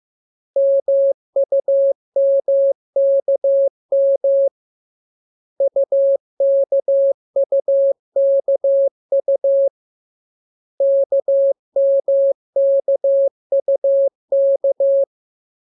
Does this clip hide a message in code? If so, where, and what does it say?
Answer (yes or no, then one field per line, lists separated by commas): yes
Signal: Morse code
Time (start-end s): 0.6-15.0 s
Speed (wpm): 15 wpm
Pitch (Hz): 550 Hz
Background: none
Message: MUMKM UKUKU KMKUK